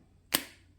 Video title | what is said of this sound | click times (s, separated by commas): Week 3: Cracking the Eggs (Audience Questions) and Zepbound progress update | two clicks okay then you're going to pull this off you might have just a little bit of blood there | 0.3 s